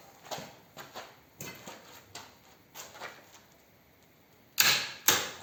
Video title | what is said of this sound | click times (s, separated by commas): Слабонервным не смотреть! Аккумуляторный гайковёрт ONEVAN 2800 NM показал поразительный результат. | Yes. I hope you all heard it, friends. The click was 1,100 Nm. | 4.6 s, 5.1 s